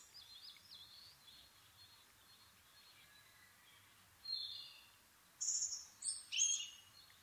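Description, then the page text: Asian brown flycatcher: high thin whistles and squeaky chirps, faint at first, then louder bursts near the end, over soft background hiss. Nikko, Japan, 26 April 2011 at 4:39, altitude 730 m; Sony PCM-D50 with Panasonic WM-61A microphone. "kosamebitaki 20110426-0439. Muscicapa dauurica [Sounds -Nikko Today-]. 4/ 26 2011, 4:39 alt=730m"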